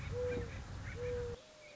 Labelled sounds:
Mourning Dove (Zenaida macroura)
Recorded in Sonoma County, California

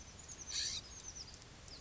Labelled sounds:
California Scrub-Jay (Aphelocoma californica)
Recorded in Sonoma County, California

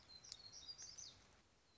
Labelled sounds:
Black-throated Gray Warbler (Setophaga nigrescens)
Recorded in Sonoma County, California

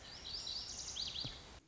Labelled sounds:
Lazuli Bunting (Passerina amoena)
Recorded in Sonoma County, California

